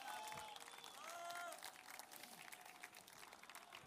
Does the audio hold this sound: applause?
yes